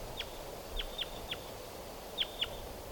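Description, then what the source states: Crossbill calls: clear, abrupt down-sweeping chips, four in the first half then a quick pair near the end, over a quiet backdrop. Type 2 and type 4 crossbills; many crossbills around; in a gully.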